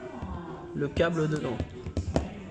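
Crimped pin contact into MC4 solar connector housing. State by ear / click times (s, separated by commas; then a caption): seated / 2.2 s. A crimped pin contact on a cable is pushed into the plastic body of a solar MC4 connector while someone talks. It locks into the housing with a sharp click at 2.2 seconds, and the contact is confirmed seated.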